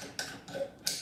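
An AR-15 charging handle on a Civilian Force Arms Xena 15 rifle is pushed into the upper receiver through the top, pushed up, and pulled back as far as it goes. A sharp metallic tick at 0.2 s and a softer sliding scrape around 0.5 s come before the loudest, crisp click at 0.9 s. The charging handle locks into place at 0.9 s.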